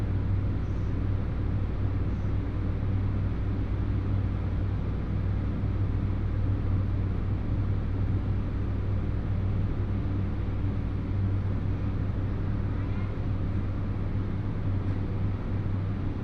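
A train ride on the Hōhi Line, heard from inside the carriage as a steady, heavy low rumble with a strong deep hum. The dense noise stays even throughout, with faint rattling above it and a couple of brief high tones early on.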